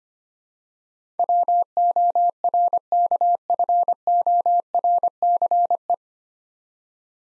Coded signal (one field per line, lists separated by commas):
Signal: Morse code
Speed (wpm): 25 wpm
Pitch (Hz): 700 Hz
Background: none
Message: WORKFORCE